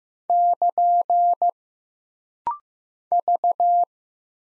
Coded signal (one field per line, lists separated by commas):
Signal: Morse code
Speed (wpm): 15 wpm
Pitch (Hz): 700 Hz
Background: none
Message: <KN> V